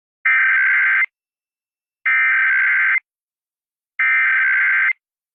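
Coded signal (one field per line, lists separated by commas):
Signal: Emergency Alert System (SAME) tones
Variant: header bursts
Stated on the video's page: National periodic test.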